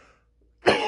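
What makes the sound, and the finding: Cough.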